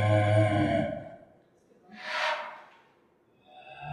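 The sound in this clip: Clouded leopard giving a brief harmonic call, followed by a sharp breathy exhalation like a snort, then the start of another call.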